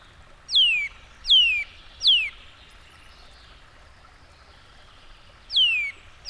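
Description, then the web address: Eurasian nuthatch calling with loud, downslurred whistled notes, three in quick succession, a pause, then two more, over faint background hiss. "agykontroll Madardalok Cd 1. Csuszka"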